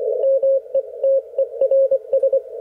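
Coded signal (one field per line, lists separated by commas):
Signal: Morse code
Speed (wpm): 24 wpm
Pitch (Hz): 540 Hz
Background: radio noise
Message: METERS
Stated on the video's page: HF Morse code ragchew between oldtimers on a Sunday morning.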